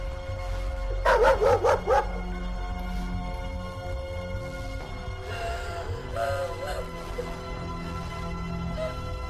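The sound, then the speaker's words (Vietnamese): At night, a dog in a village lets out a quick run of four or five sharp, high barks, then a few fainter, scattered yelps over a steady low background hum. “Giữa đêm trường tiếng khóc vang đi rất xa, có lẽ vì vậy nên có tiếng chó sủa từ trong xóm.”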